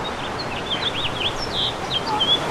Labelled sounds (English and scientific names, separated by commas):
House Finch (Haemorhous mexicanus) song